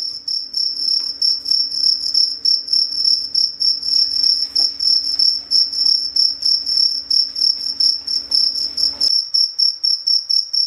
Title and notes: Suara Pengusir Nyamuk Anti Masquito. Jangkrik pengusir tikus. Suara Pengusir Serangga dan Tikus